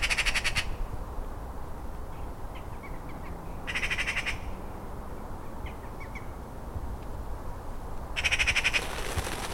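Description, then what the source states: Magpie giving loud dry rattles, three bursts roughly four seconds apart, with faint scattered chirps between them and a continuous low rumble underneath. At a roost.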